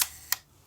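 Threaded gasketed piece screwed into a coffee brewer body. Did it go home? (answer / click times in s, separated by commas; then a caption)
partly / 0.3 s. A screw-in part with a thick gasket is twisted into the body of a Weber Workshops Bird coffee brewer. After a brief burst at the start, a single short, sharp hit sounds at 0.3 s, followed by quiet. The piece seats with a small gap left, so it is not flush and does not give a crisp click.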